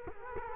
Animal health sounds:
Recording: mosquito wingbeat signal from an infrared sensor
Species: Culex quinquefasciatus

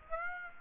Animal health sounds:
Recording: mosquito wingbeat signal from an infrared sensor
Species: Aedes aegypti

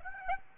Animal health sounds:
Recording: mosquito wingbeat signal from an infrared sensor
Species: Aedes aegypti

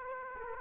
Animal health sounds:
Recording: mosquito wingbeat signal from an infrared sensor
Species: Aedes aegypti

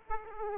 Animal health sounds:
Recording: mosquito wingbeat signal from an infrared sensor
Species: Aedes aegypti

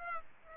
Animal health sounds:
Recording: mosquito wingbeat signal from an infrared sensor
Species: Aedes aegypti

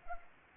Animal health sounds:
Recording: mosquito wingbeat signal from an infrared sensor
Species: Anopheles arabiensis

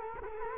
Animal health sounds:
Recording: mosquito wingbeat signal from an infrared sensor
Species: Culex quinquefasciatus

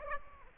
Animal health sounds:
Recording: mosquito wingbeat signal from an infrared sensor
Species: Aedes aegypti

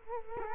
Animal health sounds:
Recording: mosquito wingbeat signal from an infrared sensor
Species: Culex quinquefasciatus

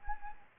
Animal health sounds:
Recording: mosquito wingbeat signal from an infrared sensor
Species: Anopheles gambiae

